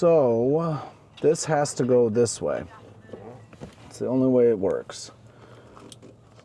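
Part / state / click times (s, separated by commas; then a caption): wiring harness connector into the UTV's diagnostic port / seated / 5.9 s. A plastic wiring harness connector is pushed into the diagnostic port of a Talon UTV, keyed so it only fits one way. Someone talks, then a short, sharp click at 5.9 s marks the connector locking into place.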